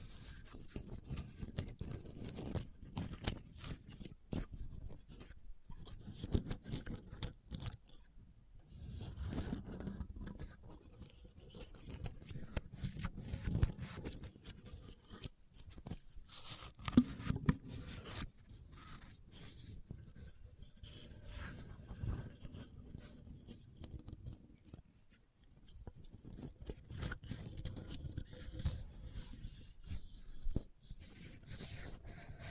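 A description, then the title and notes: Quiet Christmas-themed triggers: soft scratching, rubbing and crinkly tapping in uneven bursts, with a low hush throughout and brief pauses. Christmas Trigger Assortment (No Talking).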